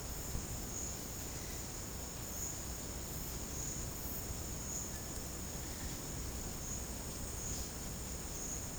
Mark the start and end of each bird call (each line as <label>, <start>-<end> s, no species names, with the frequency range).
bird call (1.2-2.4 kHz), 4.86-5.29 s